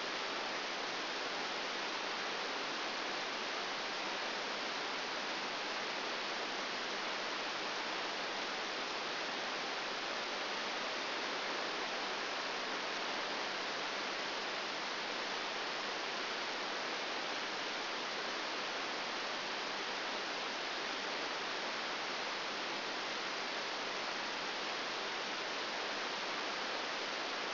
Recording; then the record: brain microelectrode recording played as sound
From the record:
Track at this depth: outside the subthalamic nucleus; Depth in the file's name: 0.006 mm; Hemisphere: left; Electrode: 3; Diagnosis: Parkinson's disease